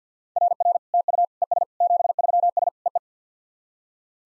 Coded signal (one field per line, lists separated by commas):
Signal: Morse code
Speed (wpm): 50 wpm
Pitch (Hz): 700 Hz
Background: none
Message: RR TU ES 73S EE